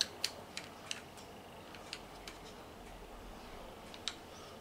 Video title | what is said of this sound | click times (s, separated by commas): 2022 11 24 UwesMoBa107 BR 232 660 1 Proton ESU Soundeinbau | der rastet dann ein. Klack, habt ihr es gehört? | 4.1 s